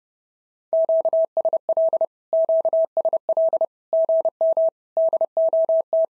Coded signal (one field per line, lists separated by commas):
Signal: Morse code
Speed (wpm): 28 wpm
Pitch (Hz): 650 Hz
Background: none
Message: QSL QSL GM DOT